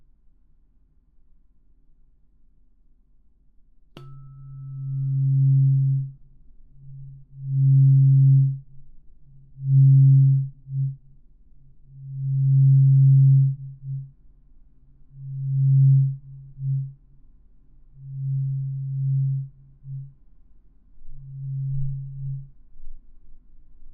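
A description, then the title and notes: A tuning fork is struck just before four seconds with a short sharp click, then a low, pure hum settles in. The tone swells and fades in repeated waves roughly every two to three seconds, pulsing steadily until the end, with near silence before the strike. ASMR×KU100. (OM136.1HZ&4096HZ) | Tuning Fork | NO Talking.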